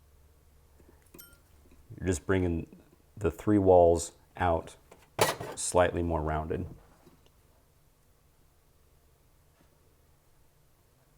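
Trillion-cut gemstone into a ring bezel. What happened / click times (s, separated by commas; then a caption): The stone is being worked toward the bezel but has not clicked into its seat / none. Someone talks while a trillion-cut lab gemstone is handled at a metal ring bezel whose three walls have been rounded out slightly with a small bezel tool before the stone is pressed in. A couple of faint ticks sound near 1.1 s and 7.3 s, and it is quiet after the speech. Nothing has seated or clicked into place yet.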